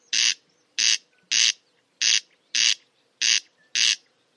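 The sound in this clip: Bird uttering seven grating, noisy squawks, evenly spaced, in quiet surroundings.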